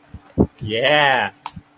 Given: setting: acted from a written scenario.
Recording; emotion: vocal sound without words; pride